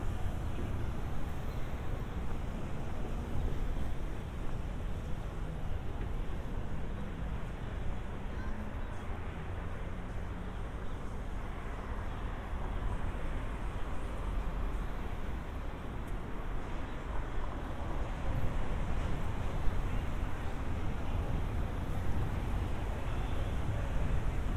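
A binaural walk through San Diego to Golden Hill, with a steady low traffic rumble, a faint voice or two, and brief clatters throughout.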